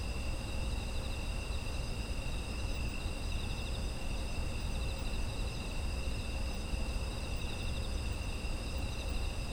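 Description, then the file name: Insects in chorus, several steady high trilling tones layered together and unbroken throughout, over a constant low rumble. Autumn insect ambience. "秋の虫の環境音"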